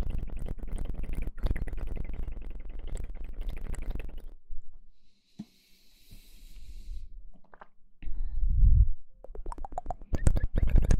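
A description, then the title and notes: Wet mouth sounds with dense clicks and smacks for four seconds, a near-silent pause with a faint hiss, then gurgling low bursts returning. Mouth Sounds.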